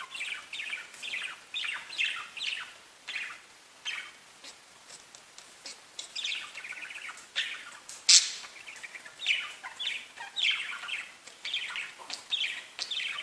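Budgerigar chatter, a continuous run of chirps, squeaks and warbled phrases with one sharp click, over faint hiss.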